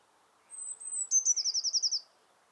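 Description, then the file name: Eurasian blue tit singing a long, piercing high note, then a quick rippling trill of repeated slurred notes, with a faint low background rumble. "Cyanistes caeruleus"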